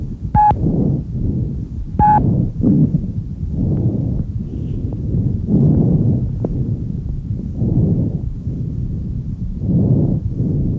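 Bronchovesicular breath sounds in an adult chest heard by stethoscope: inspiratory and expiratory phases about equal in length. Normally audible anteriorly near the main stem bronchi in the first and second intercostal spaces and posteriorly between the scapulae; heard elsewhere they may indicate lung consolidation.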